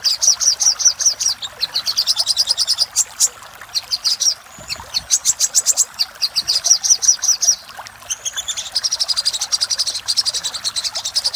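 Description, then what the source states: Little spiderhunter song: fast runs of sharp, high chirps in bursts, with a brief pause midway and a buzzier, denser high trill near the end. Master recording used for training cage birds; Indonesian name sogok ontong labaik.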